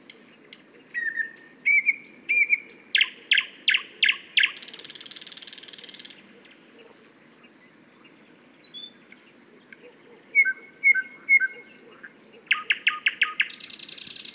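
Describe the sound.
Thrush nightingale song with whistles, a fast series of loud knocking strokes, a harsh rattle, a pause, then piping notes, another clicking run and a final buzz.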